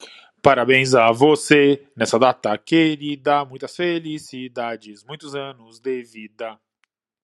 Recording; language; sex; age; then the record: short text; Brazilian Portuguese; male; 30 to 39 years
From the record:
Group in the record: control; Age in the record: 39 years